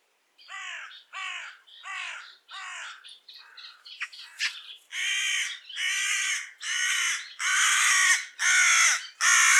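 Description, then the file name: Carrion crow giving a long series of harsh caws, short at first then longer and louder, with a brief jumble of softer notes midway. "Corvus corone"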